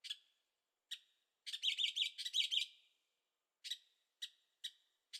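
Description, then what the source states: Birds calling with short high chirps and a burst of jumbled, buzzy chattering notes, then scattered single chirps spaced under a second apart. Birds singing at night in Carefree, Arizona; recorded in stereo on a Zoom H6.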